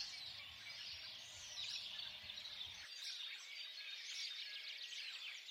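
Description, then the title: Birds singing in a thick chorus of high twittering and chirping, with a low rumble under the first half that then stops. Birds singing at dawn. "Pássaros Cantando No Amanhecer"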